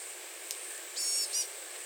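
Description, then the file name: Blue-gray gnatcatcher calls: two short, thin, wheezy high notes, the first longer and the second clipped, over a constant high insect hiss. Recorded 30 April 2019. "2019-04-30 Blue-gray Gnatcatcher 14 Calls"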